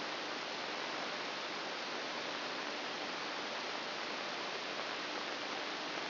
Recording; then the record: brain microelectrode recording played as sound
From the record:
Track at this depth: inside the subthalamic nucleus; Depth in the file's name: 2.405 mm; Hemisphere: right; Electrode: 2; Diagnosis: Parkinson's disease